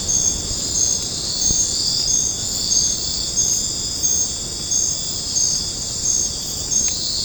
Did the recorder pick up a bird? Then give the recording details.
no. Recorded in secondary vegetation near Puerto Asís, Putumayo, Colombia, on 13 March 2025 at 23:30. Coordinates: 0.481, -76.318. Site G097